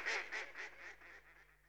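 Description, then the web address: Mallard quacking in a series of about six harsh, nasal quacks that grow softer toward the end. Close-up. "BBC Sound Effects Library. Mallard (Anas Platyrhynchos)"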